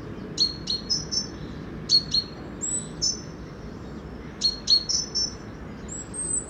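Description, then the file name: Great tit calls: short high chirps in pairs with thin whistled notes, repeated in several bursts over steady low background noise. "Parus major"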